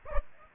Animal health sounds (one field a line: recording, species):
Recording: mosquito wingbeat signal from an infrared sensor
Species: Aedes aegypti